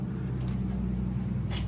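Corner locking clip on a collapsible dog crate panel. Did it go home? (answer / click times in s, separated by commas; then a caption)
no / none. A corner locking clip on a collapsible metal mesh dog crate panel is handled during assembly, with a steady low hum and a few faint brief rustles throughout. Nothing has seated or clicked yet.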